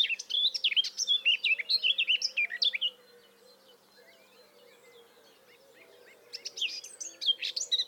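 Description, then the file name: Eurasian blackcap delivering a quick, varied warbling phrase for three seconds, a quiet gap, then another burst of rich whistled notes near the end; low hum underneath. "Sylvia atricapilla"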